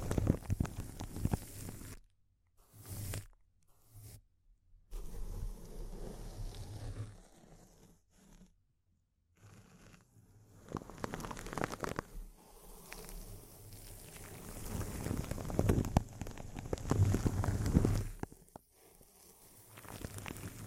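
Crinkling sounds come in uneven bursts, dense and crackly, with abrupt silent gaps near the start and a near-total pause around eight to nine seconds. After that the crinkles return busier and louder, peaking between fifteen and eighteen seconds, under a low steady hum.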